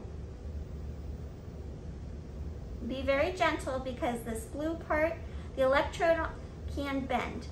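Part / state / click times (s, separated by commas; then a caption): electrode into working element of a resectoscope / not seated / none. A delicate electrode, whose blue part can bend, is guided gently through the working element of a Wolf Princess resectoscope and over the telescope, a tricky step that might take a second. Someone talks from about 3.0 seconds over a low, steady background hum. The electrode has not clicked into place yet.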